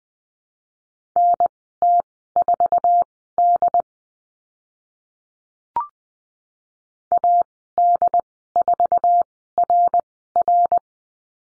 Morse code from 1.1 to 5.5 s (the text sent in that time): NT4D